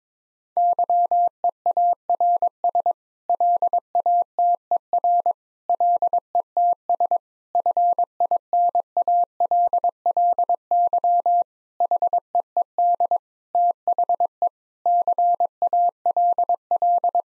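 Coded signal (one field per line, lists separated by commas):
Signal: Morse code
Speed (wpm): 22 wpm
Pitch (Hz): 700 Hz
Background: none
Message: YEARS LATER LETS FINALLY HEED THE CALL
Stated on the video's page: Morse practice: sets of 8 common English words at 22 wpm for head-copy, each word group sent in Morse twice.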